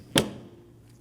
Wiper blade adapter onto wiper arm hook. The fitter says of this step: Feel it click into place.